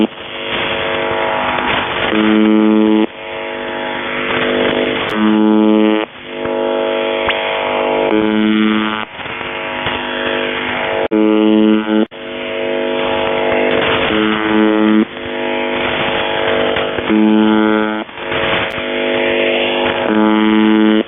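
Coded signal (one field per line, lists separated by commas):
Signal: channel marker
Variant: UVB-76 (The Buzzer)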